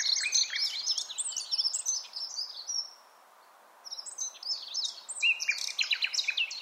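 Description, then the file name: Common nightingale song: a fast burst of varied chirps and a drawn-out whistle, a short silence, then a fresh phrase of sharp notes and trills. "Luscinia megarhynchos"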